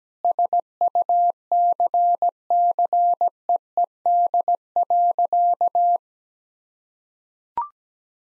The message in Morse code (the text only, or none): SUCCEED.